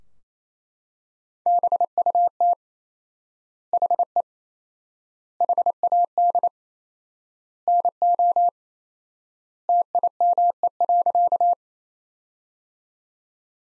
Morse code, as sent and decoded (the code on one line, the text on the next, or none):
-... ..- - / .... . / .... .- -.. / -. --- / - .. -- . .-.-.-
BUT HE HAD NO TIME.